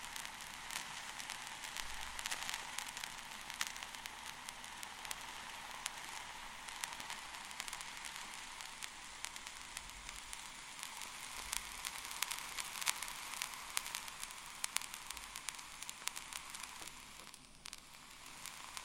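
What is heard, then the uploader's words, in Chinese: Ear candling during an ear cleaning: a dense, steady crackle and hiss runs through the whole 19 seconds, bright and fizzy like a small fire. Sharper pops stand out every second or so, and the crackle thins briefly near the end. ASMR×KU100。耳燭．耳穴清潔 | Ear Cleaning | NO Talking。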